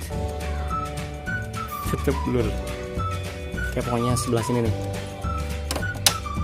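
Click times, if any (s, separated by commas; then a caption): 6.1 s. A plastic push rivet is pressed into the left side of a Kawasaki Ninja RR fairing fitted to a Yamaha New Vixion Lightning motorcycle. Someone talks over background music, and a sharp click is heard at 6.1 s as the rivet seats home.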